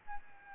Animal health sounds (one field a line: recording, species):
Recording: mosquito wingbeat signal from an infrared sensor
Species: Aedes albopictus